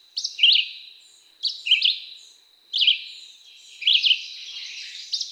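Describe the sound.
Red-eyed Vireo singing brief up-and-down phrases, several of them spaced about a second apart, over a constant thin high tone.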